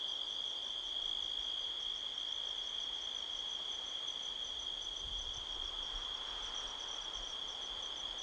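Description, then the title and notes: Crickets chirping in a steady high-pitched drone with faster pulsed trills above it, a soft wind rush through trees swelling in the background. Crickets chirping all around at midnight, 5 October 2023, in a canyon at Sedona, Arizona, USA, with strong wind rustling trees. "Midnight Soundscape, Sedona, Arizona, USA on 5th October 2023 – by Joe Harvey-Whyte. A strong wind blows across the canyon, rustling trees. The sound of crickets can be heard all around"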